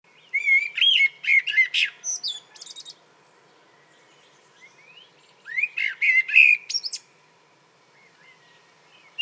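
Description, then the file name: Common blackbird gives two phrases, each starting with rich, fluty whistles and finishing with a scratchy, high-pitched twitter, with a pause between them. "Turdus merula"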